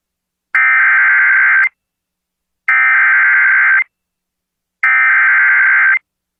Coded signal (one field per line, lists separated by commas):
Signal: Emergency Alert System (SAME) tones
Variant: header bursts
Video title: TIME TO GET BACK TO WORK | EAS Alerts from 2/17/2022 (EAS #955-979)